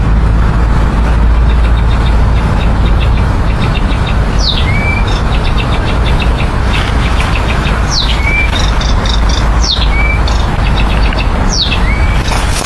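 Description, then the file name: Nightingale song: sparse sharp whistles and clicking notes in short phrases, set against a constant low roar of traffic. Sung by a bridge. "Solovej u mosta cherez Mereckova"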